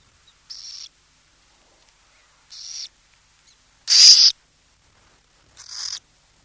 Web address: burrowing owl